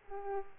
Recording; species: mosquito wingbeat signal from an infrared sensor; Culex pipiens